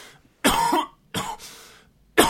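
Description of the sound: Three loud, harsh cough bursts in about two seconds, the second trailing off into a breathy exhale. An adult man coughs during conversation; the coughing is acted as part of a comedic skit, and he says the feeling comes and goes and is coming on right now.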